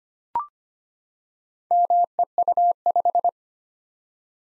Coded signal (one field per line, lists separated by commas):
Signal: Morse code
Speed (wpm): 25 wpm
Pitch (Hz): 700 Hz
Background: none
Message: MEU5